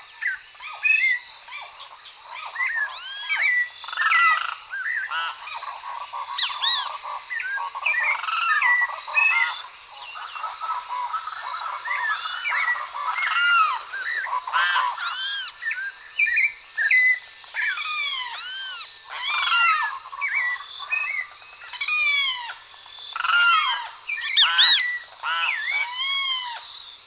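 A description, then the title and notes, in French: Swampy coastal forest at night or dusk, thick with overlapping animal calls: bright chirps, trills and rising whistles, likely frogs and birds, chattering continuously in dense bursts. A steady high insect hiss runs underneath throughout, with no low sounds at all. Forêt marécageuse de la côte nord (Vénézuela) by SolWind.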